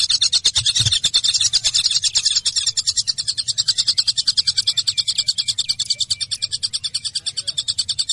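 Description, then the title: Java sparrow singing a rapid, steady stream of high metallic ticks and chips. "kicau gelatik"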